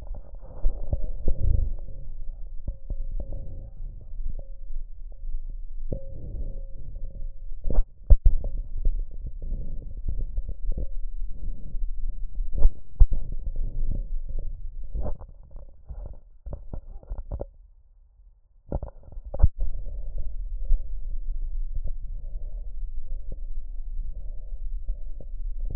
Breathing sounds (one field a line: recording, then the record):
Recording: lung sounds by stethoscope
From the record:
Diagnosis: chronic bronchitis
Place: left posterior upper chest